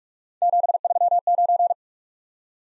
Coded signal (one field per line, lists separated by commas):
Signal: Morse code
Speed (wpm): 44 wpm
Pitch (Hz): 700 Hz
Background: none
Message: 739